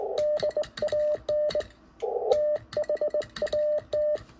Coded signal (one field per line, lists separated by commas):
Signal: Morse code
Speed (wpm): 20 wpm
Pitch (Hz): 600 Hz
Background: none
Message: DAN THAT